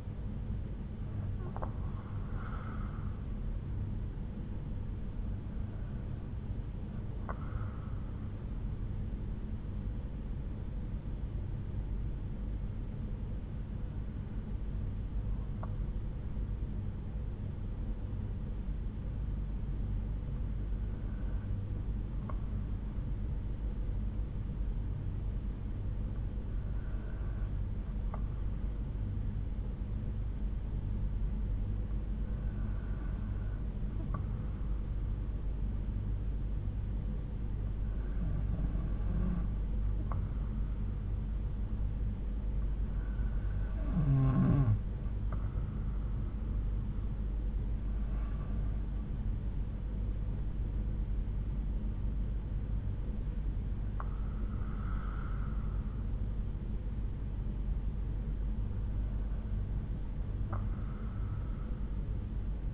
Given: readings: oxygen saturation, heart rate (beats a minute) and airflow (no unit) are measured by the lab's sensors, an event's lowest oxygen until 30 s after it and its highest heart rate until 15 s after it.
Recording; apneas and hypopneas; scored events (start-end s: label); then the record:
breathing in sleep by a smartphone at the bedside; 1
1.00-31.00 s: new sleep stage, N1 (lightest sleep)
8.00-45.50 s: hypopnea (N1, oxygen 95% highest, then 92% lowest)
31.00-62.74 s: new sleep stage, N2 (light sleep)
From the record:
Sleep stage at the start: N2 (light sleep); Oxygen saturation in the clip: 91 to 95%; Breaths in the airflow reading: 11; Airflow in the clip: -7.9 to 8.2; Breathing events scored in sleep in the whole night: 368 in 8.0 hours asleep